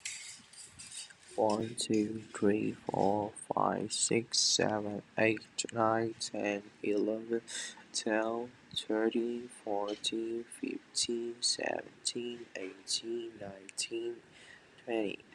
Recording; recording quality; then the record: counting at a normal pace; excellent, no background noise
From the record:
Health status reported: recovered from COVID-19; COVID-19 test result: negative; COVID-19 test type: rapid antigen test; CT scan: not taken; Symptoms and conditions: none ticked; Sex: male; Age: 21 years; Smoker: no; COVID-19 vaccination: both doses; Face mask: worn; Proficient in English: yes